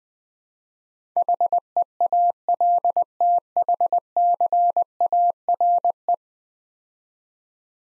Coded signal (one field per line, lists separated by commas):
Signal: Morse code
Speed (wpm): 20 wpm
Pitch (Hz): 700 Hz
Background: none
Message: HEALTHCARE